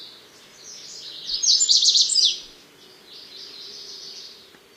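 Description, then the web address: Lazuli bunting singing a quick phrase of tumbling high notes, preceded and followed by fainter high sound. "Songs of Birds of North America Know Your Bird Sounds Common Western Species. Lazuli Bunting"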